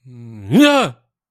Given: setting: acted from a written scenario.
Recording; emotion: vocal sound without words; negative surprise